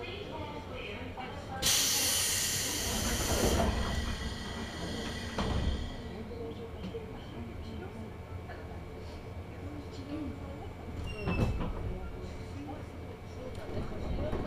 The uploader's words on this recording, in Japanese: 中央東線普通 大月→高尾。四方津駅で特急の通過待ちで9分停車します。